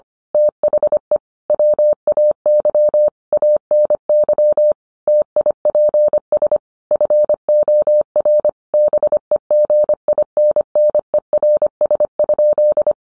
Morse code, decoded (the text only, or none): THE WAY ANY TIPS FOR BEGINNERS?